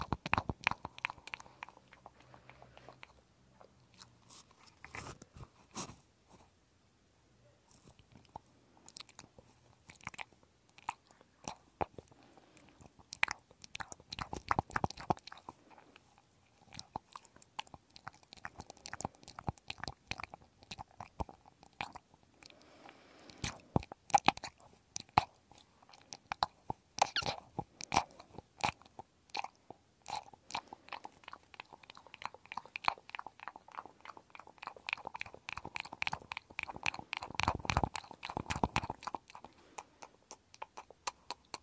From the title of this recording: penetrating ear cleaning